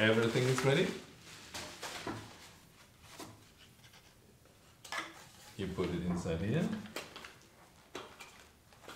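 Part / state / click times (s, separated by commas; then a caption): detachable part of an RC model airplane fitted into its mount on the fuselage / not seated / none. Someone talks while a detachable part of a foam Multiplex Pilatus PC-6 RC model airplane is pushed into its mount on the fuselage, with brief knocks and handling rustles between the words. The clip ends before the part goes home, and nothing has seated or clicked yet.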